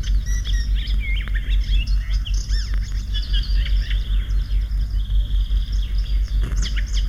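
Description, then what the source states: Icterine Warbler singing a fast, jumbled stream of squeaky chirps, twisting whistles and sharp clicks over a constant low background hum. Whole song made of borrowed fragments; its own characteristic sound is a nasal 'tey'.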